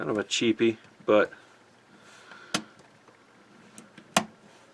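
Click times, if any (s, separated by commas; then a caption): 4.2 s. Someone talks while a cheap plastic face plate is pressed onto the front of the optical drive caddy for a Dell Inspiron 15 laptop. A short tap comes at 2.6 s. Then a loud, sharp snap at 4.2 s marks the plate snapping into place.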